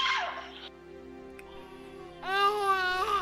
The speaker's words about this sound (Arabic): ثم يدوي صوت عواء المخلوق الصغير الذي لأول مرة من 9 أشهر يطرد من دفء الرحم وظلامه المريح للأعصاب.